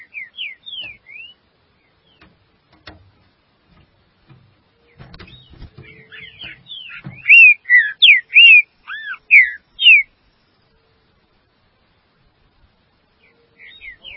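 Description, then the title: Green-winged saltator song: brief soft whistles, scattered knocks, then a fast loud burst of slurred falling and arched whistled notes, followed by quiet. "Trinca Ferro"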